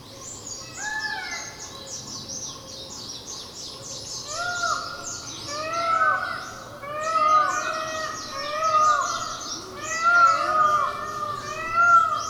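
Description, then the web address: Indian peafowl giving a series of loud wailing calls roughly every one and a half seconds, overlapping at times, amid constant high-pitched chirping in the background. Recorded on Miyakojima on 30 April 2016. "koe indokujaku 160430 miyakojima"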